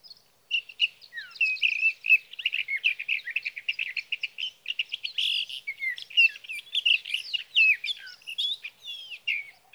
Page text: Sage thrasher songs, through the night. For three nights, from the evening of June 12 to the morning of June 15, 2018, in Sierra Valley, California, I placed a Swift recorder near a male's night roost.